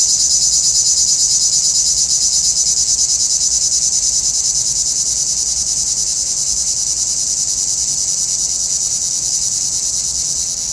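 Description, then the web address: Cicada chorus with a continuous high-pitched rasping drone, throbbing rhythmically and easing slightly toward the end. "Nature Sounds – Nature Chill Out 2014. Sounds from a Rnewood Cicadas"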